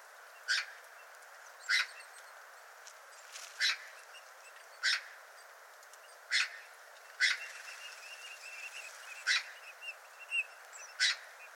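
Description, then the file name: Eurasian magpie giving several coarse, scratchy call notes at uneven intervals. "Pica pica"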